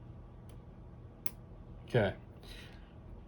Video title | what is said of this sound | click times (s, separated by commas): Protect home network from Lightning and Power Surges - Fiber! | I heard the click it connected we're in the transceiver now | 1.3 s